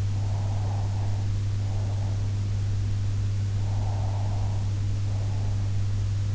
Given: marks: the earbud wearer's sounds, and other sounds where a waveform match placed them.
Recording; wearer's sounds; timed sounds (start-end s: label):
sounds in sleep by an in-ear microphone; breath
0.07-2.58 s: breath
3.53-5.70 s: breath